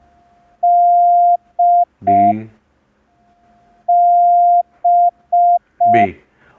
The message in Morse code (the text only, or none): D B